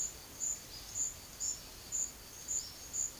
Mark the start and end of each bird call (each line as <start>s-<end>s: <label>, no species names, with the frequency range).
0.65s-0.94s: bird call (3.2-5.8 kHz)
1.36s-1.63s: bird call (4.2-5.9 kHz)
2.51s-2.91s: bird call (3.0-5.6 kHz)